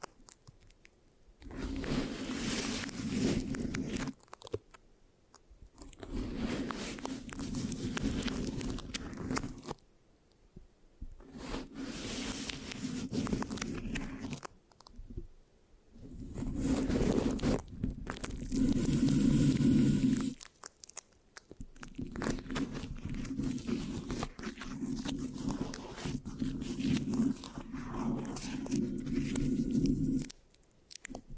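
Microphone scratching with a sticky, rasping texture comes in bursts of about three to five seconds, split by short silent gaps near 5, 10, 15 and 20 seconds. Each burst is dense and gritty, with a steady low rumble underneath and bright crackle on top. No talking.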